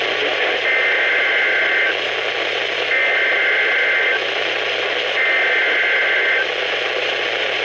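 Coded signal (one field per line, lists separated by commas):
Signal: Emergency Alert System (SAME) tones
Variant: header bursts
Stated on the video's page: NOAA weather radio alerts received from KHB36 and WXM57; WXM57 arrives at night on 162.400, the same frequency as KEC83.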